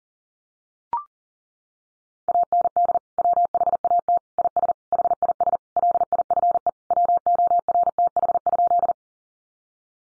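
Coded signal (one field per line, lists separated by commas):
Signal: Morse code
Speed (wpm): 40 wpm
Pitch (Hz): 700 Hz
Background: none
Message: AND WHAT IS HIS LIFE WORTH?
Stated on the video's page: Morse sent at 40 wpm, sentences built from the top 800 words for head-copy practice.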